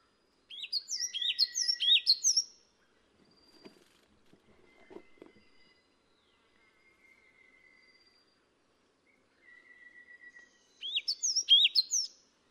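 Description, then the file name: Yellow tit: quick, high, chipping two-note phrases repeated at the start, faint soft notes between, then another run of the same bright phrases at the end. "黃山雀"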